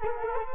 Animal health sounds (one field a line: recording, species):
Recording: mosquito wingbeat signal from an infrared sensor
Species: Culex quinquefasciatus